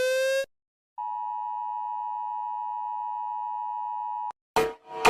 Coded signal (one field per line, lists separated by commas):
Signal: Emergency Alert System (SAME) tones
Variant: 853 and 960 Hz attention tone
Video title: Rating EAS alarm (wait for malaysia) volume down if malaysia siren here